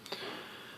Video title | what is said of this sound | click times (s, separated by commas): Galaxy S4: How to take the Back Plate Off & Insert / Remove Sim & SD Card | so and basically yeah once you insert it you'll hear like a click | 0.1 s